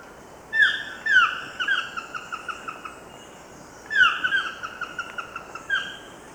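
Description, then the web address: Chestnut-tipped toucanet giving a series of nasal, harmonic, downslurred croaking notes, loud at first, then quicker and softer, with a second burst near the end. Ecuador, South America. "Natures Songs S America Birds of Ecuador. Chestnut-Tipped Toucanet"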